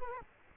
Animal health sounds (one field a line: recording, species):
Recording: mosquito wingbeat signal from an infrared sensor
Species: Culex quinquefasciatus